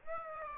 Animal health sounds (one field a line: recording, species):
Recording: mosquito wingbeat signal from an infrared sensor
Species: Aedes aegypti